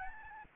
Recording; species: mosquito wingbeat signal from an infrared sensor; Aedes albopictus